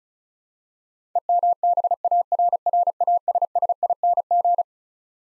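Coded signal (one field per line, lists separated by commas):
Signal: Morse code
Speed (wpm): 36 wpm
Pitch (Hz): 700 Hz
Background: none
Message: EMBARRASSING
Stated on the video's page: Twelve-letter word head-copy practice at 35 wpm, each word sent in Morse twice.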